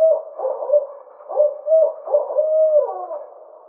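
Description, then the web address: Barred owl hooting, a rhythmic series of low hoots around one pitch with short breaks, ending in a drawn-out, downward-slurred hoot. Recorded 24 May 2009. "Barred Owl 2009 05 24"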